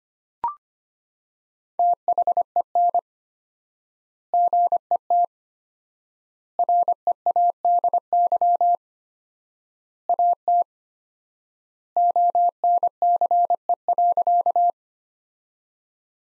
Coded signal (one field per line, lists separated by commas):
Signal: Morse code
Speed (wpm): 25 wpm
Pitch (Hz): 700 Hz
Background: none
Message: THEN GET READY AT ONCE.